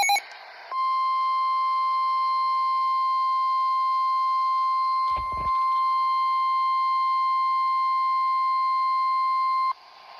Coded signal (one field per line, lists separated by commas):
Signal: Emergency Alert System (SAME) tones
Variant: 1050 Hz attention tone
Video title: Severe Thunderstorm Warning For My County/Area/Exit Route EAS#465